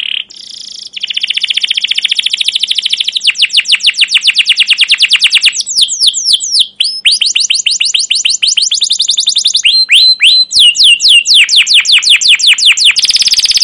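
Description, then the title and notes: Canary song, loud and continuous: fast rolling trills shifting into series of sharp downward-sweeping notes, then a buzzy closing phrase, with hardly any pause throughout. Caged canary song used as a lure to train other canaries, described as long, lively chattering for young birds learning sounds. "CUIT CUIT NGEROL LANGSUNG GACOR PANJANG Kenari Ini AMPUH Utk Pancingan KENAR. PANCINGAN Kenari GACOR PANJANG Cuit CUIT EMOSI ini AMPUH utk MASTERAN Kenari PAUD belajar BUNYI. burung kenari"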